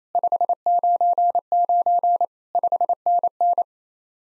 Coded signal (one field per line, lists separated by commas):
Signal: Morse code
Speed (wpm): 36 wpm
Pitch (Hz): 700 Hz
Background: none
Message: 599 5NN